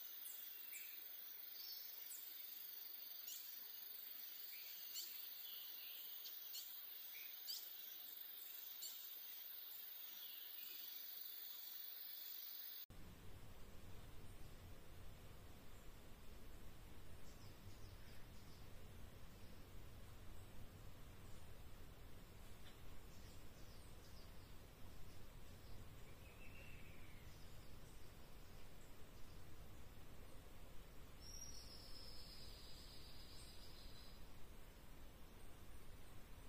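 Atlantic Forest in Brazil: a steady, dense hiss of insects fills the upper range throughout, with rapid chirps in the first twelve seconds. Then the sound shifts and a low rumble joins the hiss. A thin tone appears near 26 seconds and a bright buzzing call near 31 seconds.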